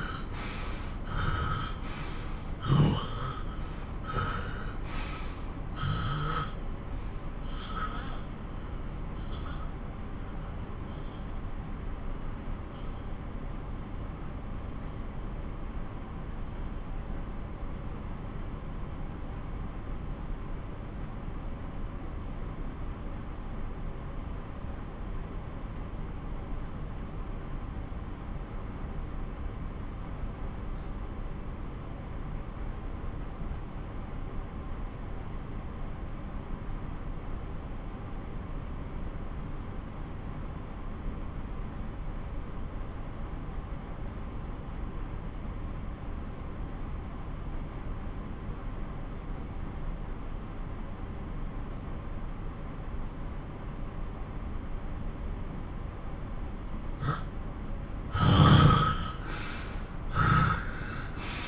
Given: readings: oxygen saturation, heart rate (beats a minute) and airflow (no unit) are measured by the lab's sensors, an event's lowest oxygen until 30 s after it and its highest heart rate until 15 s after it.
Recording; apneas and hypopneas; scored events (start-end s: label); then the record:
breathing in sleep by a smartphone at the bedside; 1
10.00-57.40 s: obstructive apnea (N1, oxygen 96% highest, then 81% lowest)
35.00-61.48 s: new sleep stage, N2 (light sleep)
From the record:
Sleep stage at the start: N1 (lightest sleep); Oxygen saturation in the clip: 84 to 96%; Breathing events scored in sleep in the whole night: 217 in 6.3 hours asleep